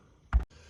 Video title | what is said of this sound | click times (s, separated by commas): Transporter VW T5 remplacement filtre a Filtre gasoil, replacement change fuel filter | Et là, il est bloqué dans son ergot, donc c'est bon. | 0.3 s